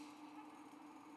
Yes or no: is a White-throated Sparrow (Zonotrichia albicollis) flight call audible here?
no